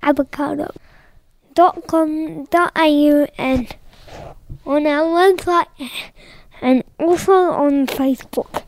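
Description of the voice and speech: A young person reads a web address aloud slowly and effortfully, with stretched sounds, long pauses and blurred consonants. This is dysarthria from cerebral palsy, its effects audible on some of the consonant syllables.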